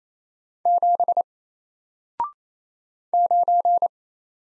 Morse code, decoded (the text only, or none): 7 9